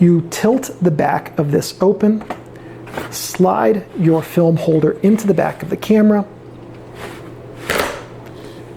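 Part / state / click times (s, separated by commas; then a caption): film holder into large format camera back / seated / 7.7 s. Someone talks while a film holder is slid into the tilted-open spring back of an Intrepid 8x10 Mark II large-format camera. A sharp click at 7.7 s marks the holder snapping into place, seated in the camera back.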